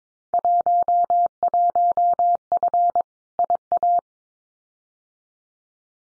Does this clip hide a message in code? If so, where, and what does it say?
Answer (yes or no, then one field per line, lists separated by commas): yes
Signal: Morse code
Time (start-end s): 0.3-4.0 s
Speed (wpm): 22 wpm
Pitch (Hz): 700 Hz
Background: none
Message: 11F IA